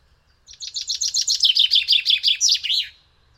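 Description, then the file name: Common chaffinch song: a rapid series of many bright notes that descend slightly, ending in a flourish, all within under three seconds; otherwise quiet. "Fringilla coelebs"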